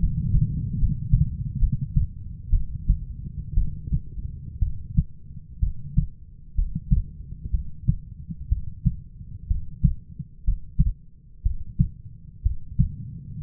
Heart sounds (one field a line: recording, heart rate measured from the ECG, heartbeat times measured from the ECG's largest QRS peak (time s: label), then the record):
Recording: heart sounds by stethoscope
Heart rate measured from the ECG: 62 bpm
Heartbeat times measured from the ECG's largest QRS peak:
0.78 s: heartbeat
1.59 s: heartbeat
2.50 s: heartbeat
3.54 s: heartbeat
4.59 s: heartbeat
5.60 s: heartbeat
6.55 s: heartbeat
7.51 s: heartbeat
8.49 s: heartbeat
9.47 s: heartbeat
10.44 s: heartbeat
11.43 s: heartbeat
12.43 s: heartbeat
13.41 s: heartbeat
From the record:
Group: healthy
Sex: female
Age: 37 years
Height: 168 cm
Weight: 70 kg